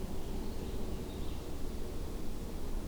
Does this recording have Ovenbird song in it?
no